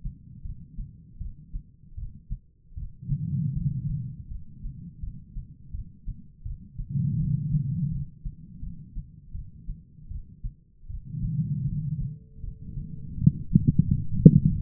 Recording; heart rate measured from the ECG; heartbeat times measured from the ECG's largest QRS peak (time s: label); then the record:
heart sounds by stethoscope; 81 bpm
0.43 s: heartbeat
1.19 s: heartbeat
1.96 s: heartbeat
2.75 s: heartbeat
3.54 s: heartbeat
4.29 s: heartbeat
5.01 s: heartbeat
5.72 s: heartbeat
6.44 s: heartbeat
7.17 s: heartbeat
7.90 s: heartbeat
8.60 s: heartbeat
9.33 s: heartbeat
10.09 s: heartbeat
10.88 s: heartbeat
11.66 s: heartbeat
12.41 s: heartbeat
13.16 s: heartbeat
13.86 s: heartbeat
14.55 s: heartbeat
From the record:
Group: healthy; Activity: rest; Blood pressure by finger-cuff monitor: 116/88 mmHg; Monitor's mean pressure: 101 mmHg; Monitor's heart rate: 80 bpm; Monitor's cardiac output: 4.5 L/min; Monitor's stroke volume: 57 mL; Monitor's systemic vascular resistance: 1600 dyn s/cm5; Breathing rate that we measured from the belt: 15 breaths a minute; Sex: female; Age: 51 years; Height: 162 cm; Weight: 70.04 kg